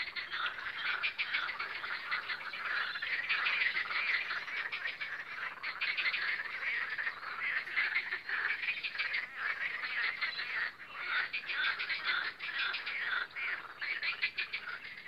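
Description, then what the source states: Frogs croaking steadily in a thick chorus of fast pulsed calls, loudness wavering throughout. Spring croaking of frogs on the Lomnica canal, 10 May 2020.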